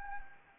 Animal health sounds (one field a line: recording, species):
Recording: mosquito wingbeat signal from an infrared sensor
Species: Anopheles gambiae